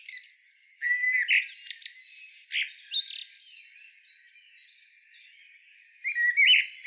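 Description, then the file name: Common blackbird phrases: short mid-pitched fluty notes mixed with sharp high twittering chirps in several bursts, then a pause of a few seconds before a final burst. "Turdus merula"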